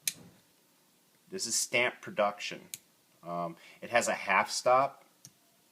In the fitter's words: they're both manufactured really nice you can hear that snap